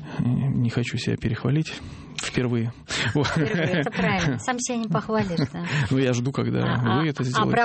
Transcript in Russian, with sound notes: не хочу себя перехвалить впервые. (смеется) «Впервые», это правильно. Сам себя не похвалишь... Ну, я жду, когда вы это сделаете.